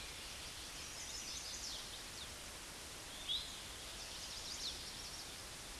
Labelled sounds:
Eastern Towhee (Pipilo erythrophthalmus) song
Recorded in a Pennsylvania forest on 16 May 2024 at 09:54
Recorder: AudioMoth, point MSD-1295
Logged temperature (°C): 13.7 °C
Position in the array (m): 201 m, 140 m

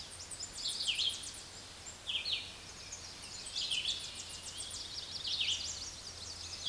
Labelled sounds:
Red-eyed Vireo (Vireo olivaceus) song
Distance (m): 25 m
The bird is about 20 m above the microphone
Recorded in a Pennsylvania forest on 16 May 2024 at 06:40
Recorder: AudioMoth, point MSD-2258
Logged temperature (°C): 15.2 °C
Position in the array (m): 169 m, 75 m

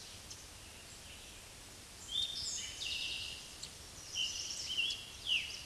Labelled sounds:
Eastern Towhee (Pipilo erythrophthalmus) song
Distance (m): 25 m
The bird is about 5 m above the microphone
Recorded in a Pennsylvania forest on 16 May 2024 at 06:36
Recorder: AudioMoth, point MSD-2166
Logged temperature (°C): 16.3 °C
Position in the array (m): 90 m, 15 m

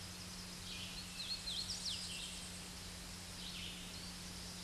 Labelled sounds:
Hooded Warbler (Setophaga citrina) song
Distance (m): 60 m
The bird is about 20 m above the microphone
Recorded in a Pennsylvania forest on 16 May 2024 at 07:57
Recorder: AudioMoth, point MSD-2201
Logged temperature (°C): 15.5 °C
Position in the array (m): 140 m, 103 m

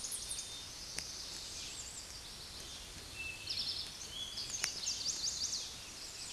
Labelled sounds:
Eastern Towhee (Pipilo erythrophthalmus) song
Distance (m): 50 m
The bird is about 20 m above the microphone
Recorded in a Pennsylvania forest on 16 May 2024 at 08:56
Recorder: AudioMoth, point MSD-2349
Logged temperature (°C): 15.8 °C
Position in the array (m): 60 m, 14 m

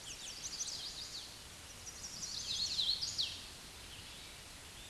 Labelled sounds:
Hooded Warbler (Setophaga citrina) song
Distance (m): 35 m
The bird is about 15 m above the microphone
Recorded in a Pennsylvania forest on 16 May 2024 at 08:56
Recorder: AudioMoth, point MSD-0814
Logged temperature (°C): 15.8 °C
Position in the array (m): 144 m, 140 m

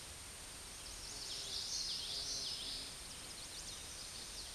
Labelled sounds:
Common Yellowthroat (Geothlypis trichas) song
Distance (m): 30 m
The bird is about level with the microphone
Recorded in a Pennsylvania forest on 16 May 2024 at 09:55
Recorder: AudioMoth, point MSD-2304
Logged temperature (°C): 16.0 °C
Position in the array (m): 235 m, 178 m

